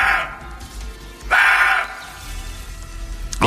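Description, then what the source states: Roe deer barking: a few harsh, hoarse barks, with quiet background between. Played back.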